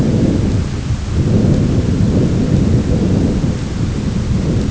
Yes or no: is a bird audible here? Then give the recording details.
no. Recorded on Arctic tundra, site ZACK-1, on 10 June 2019. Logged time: 15:49